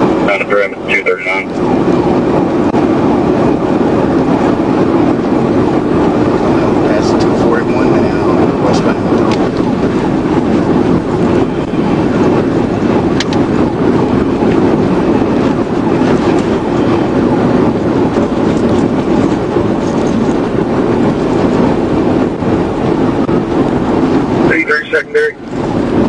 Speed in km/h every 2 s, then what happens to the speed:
169, 175, 179, 179, 182, 182, 175, 177, 182, 188, 193, 196, 185.
0-8 speeds up to 182. 8-14 steady at about 177. 14-21 speeds up to 196. 21-26 slows to 185.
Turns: none.